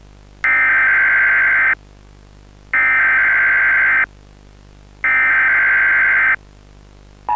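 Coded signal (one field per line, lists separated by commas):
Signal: Emergency Alert System (SAME) tones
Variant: header bursts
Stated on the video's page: Fan-made Poppy Playtime Chapter 3 EAS scenario using valid EAS tones, made with Kinemaster.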